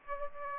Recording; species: mosquito wingbeat signal from an infrared sensor; Aedes aegypti